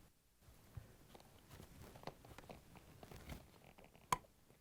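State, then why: Seated. A plastic drain pump for a Whirlpool/KitchenAid/Maytag dishwasher pump and motor assembly (W11085683), its O-ring wetted, is lined up with the locking tab toward the back and turned onto the dishwasher sump housing. Soft handling and scraping noises lead up to one sharp, loud snap at 4.1 s. The pump locks in place on the sump.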